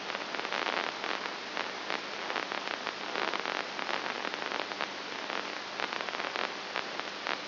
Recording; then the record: brain microelectrode recording played as sound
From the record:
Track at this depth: inside the subthalamic nucleus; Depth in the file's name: 3.301 mm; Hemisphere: right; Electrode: 2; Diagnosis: Parkinson's disease